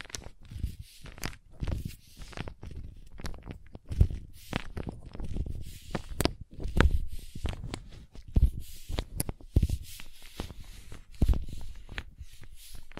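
Crayons tapping, scraping and drawing in a dense run of short strokes and knocks, some with a bright scratchy edge and others dull and thumpy. Sharper taps land near 4, 7, 8.5, 9.5 and 11 seconds, with a soft low rumble underneath throughout.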